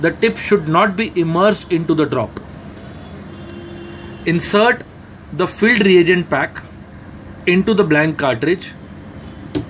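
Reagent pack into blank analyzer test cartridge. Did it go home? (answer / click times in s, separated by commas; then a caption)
yes / 9.6 s. A filled reagent pack is pushed into the blank test cartridge of an HbA1c analyzer until it fits. Someone talks for most of the clip over a low steady hum. A single sharp click at 9.5 s marks the pack seating in the cartridge.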